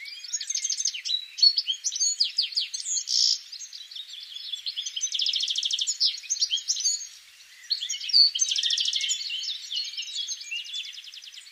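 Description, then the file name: European goldfinch calling in a lively chatter of bright chips, buzzy bursts and fast trilled runs, with a brief pause about two-thirds of the way through. "Carduelis carduelis"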